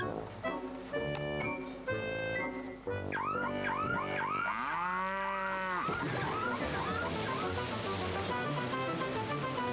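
A dairy cow lets out a long, drawn-out moo whose pitch swells and falls, set among other tonal, buzzy sounds and followed by a dense wash of noise.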